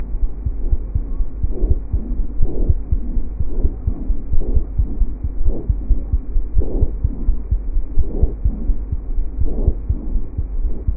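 Bronchovesicular breath sounds heard over an adult's chest with a stethoscope.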